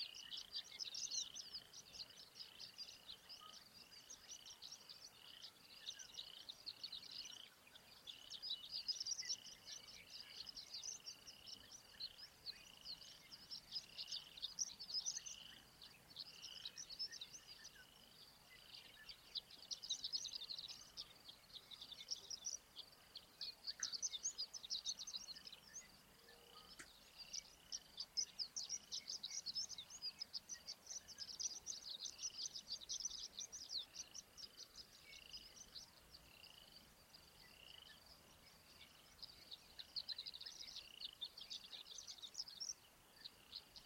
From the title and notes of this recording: The Gloaming at Pawnee. This soundscape was captured May 21st, 2023 at Pawnee National Grassland.